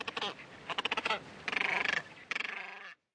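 Macaroni penguin braying call in four throbbing, pulsed bursts, harsh and nasal, each lasting about half a second with short gaps between.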